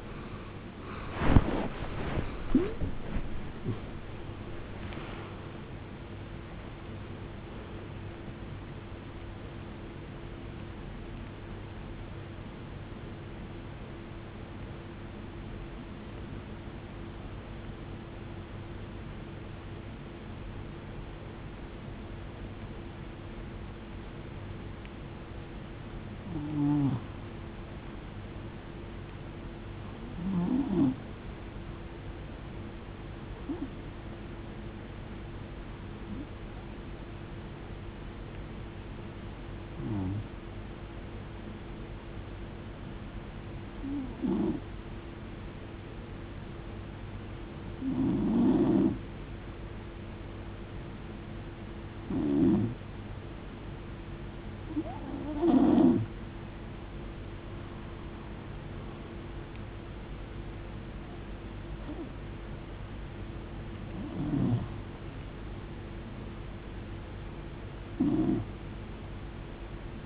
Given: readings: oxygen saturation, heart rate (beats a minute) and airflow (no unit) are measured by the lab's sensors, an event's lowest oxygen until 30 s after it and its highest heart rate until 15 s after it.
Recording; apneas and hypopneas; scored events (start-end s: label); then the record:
breathing in sleep by a voice recorder at the bedside; 2
8.00-38.00 s: new sleep stage, N1 (lightest sleep)
16.00-34.40 s: hypopnea (N1, oxygen 89% highest, then 86% lowest, heart rate 83 at the start, 83 highest)
38.00-70.06 s: new sleep stage, N2 (light sleep)
46.00-64.00 s: hypopnea (N2, oxygen 90% highest, then 85% lowest, heart rate 64 at the start, 78 highest)
From the record:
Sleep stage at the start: N3 (deep sleep); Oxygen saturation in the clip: 75 to 92%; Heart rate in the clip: 49 to 95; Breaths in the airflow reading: 19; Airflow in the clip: -22.4 to 17.5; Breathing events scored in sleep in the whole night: 389 in 6.3 hours asleep